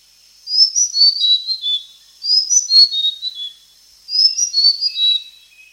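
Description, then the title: Blue-crowned hanging parrot utters three strings of sharp, high-pitched squeaks falling in pitch, spaced about two seconds apart, in an otherwise quiet recording. "SERINDIT"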